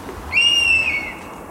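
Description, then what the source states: Honey buzzard whistle: one clear drawn-out note, slightly rising, then sagging at the end. Recorded in a secret forest in South Wales during ringing of honey buzzard chicks; caller possibly female, seen only in silhouette; a proper whistle, rarely heard except under these conditions.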